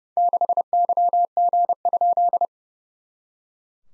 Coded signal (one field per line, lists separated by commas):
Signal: Morse code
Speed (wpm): 30 wpm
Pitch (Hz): 700 Hz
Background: none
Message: 6YG?